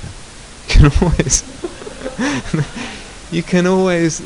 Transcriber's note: laughter